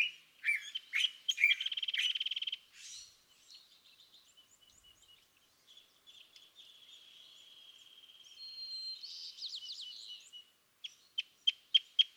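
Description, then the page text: California thrasher singing a mixed phrase of sharp chips and a short rattle, then a long thin drawn-out note with a brief burst, ending in spaced loud chips. Excerpt from a longer dawn song session on March 9, 2017, at Los Osos, California; the bird repeats a theme of notes it chose that morning. "California thrasher Song, excerpted from a longer dawn session on day 1. listen for the repeated theme of notes that the thrasher has chosen to use this morning. March 9, 2017. Montaña de Oro State Park, Los Osos, California"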